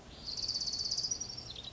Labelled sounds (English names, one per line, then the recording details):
Orange-crowned Warbler
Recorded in Sonoma County, California